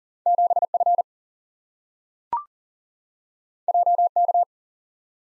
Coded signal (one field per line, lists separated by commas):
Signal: Morse code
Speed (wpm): 42 wpm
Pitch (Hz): 700 Hz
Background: none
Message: 7F JK